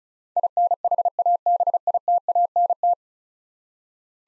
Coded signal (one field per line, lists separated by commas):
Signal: Morse code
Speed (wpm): 34 wpm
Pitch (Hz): 700 Hz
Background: none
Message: INHABITANT